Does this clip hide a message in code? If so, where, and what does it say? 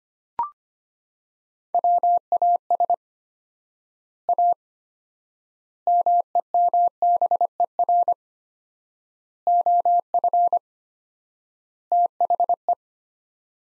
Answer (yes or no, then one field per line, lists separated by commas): yes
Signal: Morse code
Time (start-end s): 1.7-12.7 s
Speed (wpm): 25 wpm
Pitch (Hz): 700 Hz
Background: none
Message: WAS A MEMBER OF THE